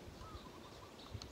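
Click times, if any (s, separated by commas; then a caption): none. A micro SD card is handled at the card slot of an OnReal action camera, about to be pushed in with a fingernail. There is only steady, low background noise with faint chirp-like high tones and a brief louder blip near 1.2 s. Nothing has seated or clicked yet.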